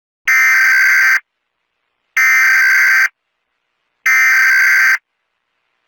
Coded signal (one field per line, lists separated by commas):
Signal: Emergency Alert System (SAME) tones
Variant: header bursts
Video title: EAS scenario: █ █ █ █ █ █